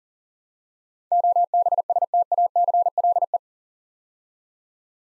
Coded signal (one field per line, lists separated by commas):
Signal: Morse code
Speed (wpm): 40 wpm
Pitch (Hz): 700 Hz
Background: none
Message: OBSTACLE